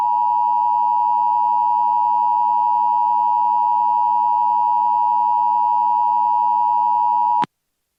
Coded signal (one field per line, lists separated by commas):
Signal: Emergency Alert System (SAME) tones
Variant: 853 and 960 Hz attention tone